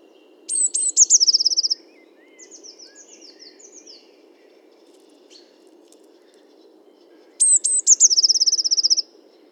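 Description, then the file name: Eurasian blue tit singing two songs of high lead-in notes and a rapid trill, separated by softer, thin chattering notes, with quiet background hum. "Cyanistes caeruleus 311018"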